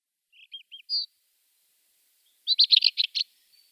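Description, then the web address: Rufous-tailed scrub robin song: a few soft, short high notes, a pause of over a second, then a quick burst of varied warbling notes. "Schulze Peter Rufous-tailed Scrub-Robin song"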